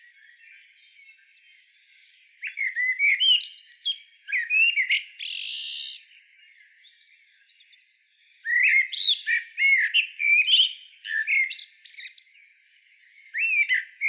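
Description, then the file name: Common blackbird singing after a quiet start: mellow warbled phrases topped with high, scratchy chatter, in several separate bursts. "Turdus merula"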